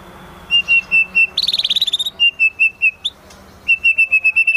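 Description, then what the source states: White-rumped shama repeating steady short whistled notes in even series, interrupted by a fast rattling trill, then resuming the whistled notes. Lure song used for trapping.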